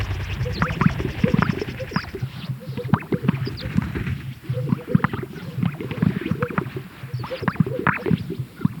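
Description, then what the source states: Greater sage-grouse: a thick chorus of low, plopping and gurgling notes with sharp clicks, continuing without pause. Recorded at a lek.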